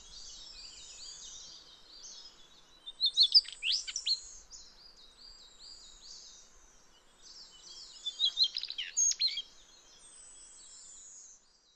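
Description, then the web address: Daurian redstart song: two bursts of high, scratchy twittering notes about five seconds apart, with thin drawn-out whistles between them over a faint background hiss. "sound Daurian-redstart. صدای-پرنده-دمسرخ-دائوری"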